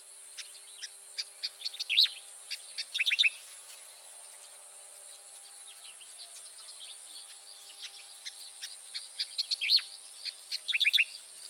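Striated grassbird calls: bursts of sharp, clicky chipping notes in quick clusters, pausing and then resuming, over a steady high background hiss.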